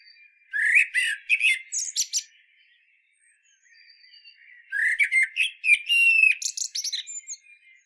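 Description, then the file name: Common blackbird song phrases, each opening with lower fluty notes and ending in high scratchy twittering; two phrases with a soft pause between them. "Turdus merula"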